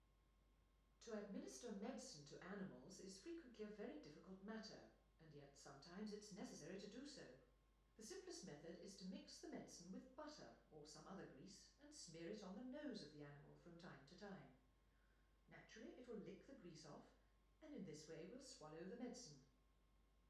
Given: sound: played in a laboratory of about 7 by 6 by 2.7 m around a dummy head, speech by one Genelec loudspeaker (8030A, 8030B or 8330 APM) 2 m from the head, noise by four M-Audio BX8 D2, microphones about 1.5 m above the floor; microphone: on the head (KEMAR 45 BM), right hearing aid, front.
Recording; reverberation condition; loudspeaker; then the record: female speech in English; medium; 90 degrees to the left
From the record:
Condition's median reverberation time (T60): about 510 ms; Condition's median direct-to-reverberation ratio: about -0.5 dB